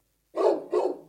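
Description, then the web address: Rottweiler barking: two rough barks in quick succession, with silence before them. "dog rottweiler"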